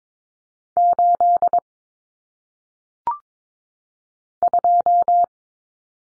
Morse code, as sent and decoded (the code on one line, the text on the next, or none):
---.. / ..---
8 2